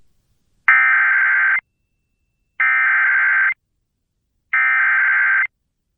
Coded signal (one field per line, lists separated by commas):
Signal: Emergency Alert System (SAME) tones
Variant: header bursts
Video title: EAS #941: EAS Severe Thunderstorm Warning- June 9, 2024- 8:14PM PDT